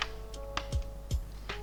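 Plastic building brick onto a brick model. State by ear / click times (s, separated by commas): seated / 0.6 s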